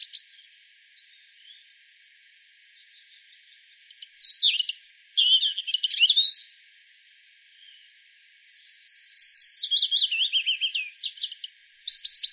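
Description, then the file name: European robin giving two main sweet, high song phrases separated by silence, each a mix of slurred warbles and fast trills. "Erithacus rubecula"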